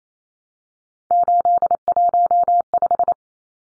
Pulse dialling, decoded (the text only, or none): none